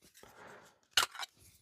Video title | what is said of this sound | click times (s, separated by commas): MODELS FROM NEWER KNIFE MAKERS IN THE USA | Good snap off. | 1.0 s